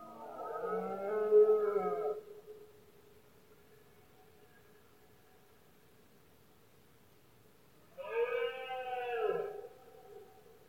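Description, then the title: Red deer stag roaring: a deep, harmonic bellow of about two seconds, then quiet with a faint steady hum, then a second shorter roar near the end. Male red deer bellowing during the rut, known in Spain as the berrea or brama del ciervo; recorded at night in Spain, when it is quiet. "Paisaje sonoro: Berrea"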